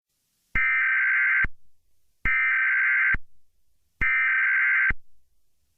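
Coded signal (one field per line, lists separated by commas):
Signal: Emergency Alert System (SAME) tones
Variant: header bursts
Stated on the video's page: Fictional scripted alert with valid SAME tones; simulated, not a real activation.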